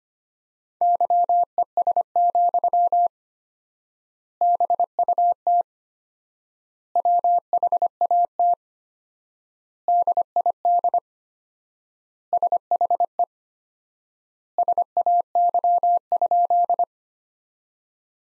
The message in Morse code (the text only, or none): YES, BUT WHAT DID SHE SAY?